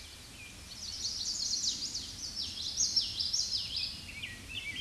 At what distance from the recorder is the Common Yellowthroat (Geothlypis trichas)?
about 15 m